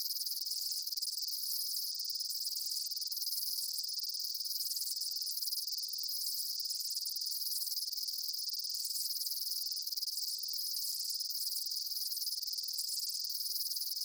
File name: Summer Afternoon In a Field With Insects